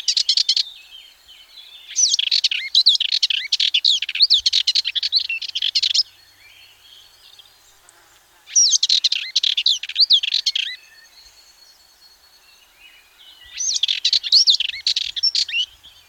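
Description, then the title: Sardinian warbler singing repeated bursts of fast, harsh, chattering notes, each phrase lasting a few seconds and separated by short pauses. "Sylvain Jaskowiak - Mes piafs. Fauvette mélanocéphale"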